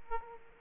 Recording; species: mosquito wingbeat signal from an infrared sensor; Aedes aegypti